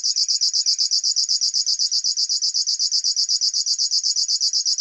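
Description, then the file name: River warbler song, a continuous, rhythmic, mechanical pulsing buzz, very steady in pitch and pace throughout. "Schlagschwirl - Locustella fluviatilis"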